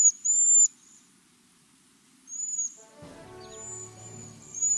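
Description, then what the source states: Cedar Waxwing giving very high, thin, wispy whistled notes, some level and some slightly falling, in short bursts separated by pauses. Really high, wispy whistle; replayed in a recap.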